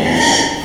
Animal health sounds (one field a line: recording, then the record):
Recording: squeal of a Yucatan mini pig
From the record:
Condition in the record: before surgery on the right vocal fold (resection and tissue-engineered implant)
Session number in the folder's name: 2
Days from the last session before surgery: 0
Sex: male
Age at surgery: 12 weeks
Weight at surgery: 13 kg